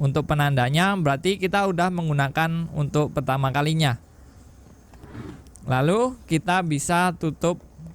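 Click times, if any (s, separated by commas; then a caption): none. A clear plastic base cap is being handled on a Spiriva Respimat inhaler body before it is closed back on; nothing has seated or clicked yet. A man talks through most of the clip, with a quieter stretch around 4–5.7 s where a few faint, brief handling ticks occur near 4.9 s and 5.5 s.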